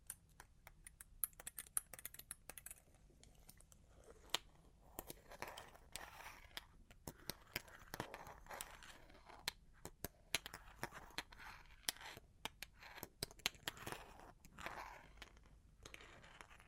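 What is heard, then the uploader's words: Long claws tap and scratch in an uneven run of sharp clicks, scattered densely across all seventeen seconds with no steady rhythm. Between the taps come rougher, grainy scraping strokes, brightest and busiest around five to eight seconds and again near fourteen. Long Claws Tapping and Scratching (No Talking).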